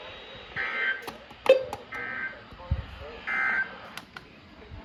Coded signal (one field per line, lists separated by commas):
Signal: Emergency Alert System (SAME) tones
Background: speech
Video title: August's Early Arrival Alerts - Alerts from 8/2/24 - 8/4/24 (EAS #1175 - 1204)